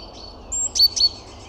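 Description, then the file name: Great tit call: a brief high whistle followed by two quick sharp descending notes, with faint background hiss. "Parus major"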